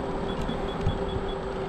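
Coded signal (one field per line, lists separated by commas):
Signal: none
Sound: scooter's beeps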